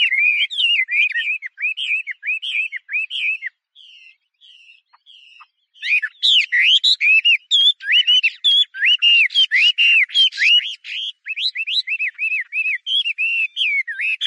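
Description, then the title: Chinese hwamei song: repeated rising-falling whistled notes, a short pause with a few soft notes, then a dense burst of varied whistles and rapid repeated phrases. "画眉鸟的叫声"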